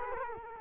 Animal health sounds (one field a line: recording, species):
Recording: mosquito wingbeat signal from an infrared sensor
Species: Culex quinquefasciatus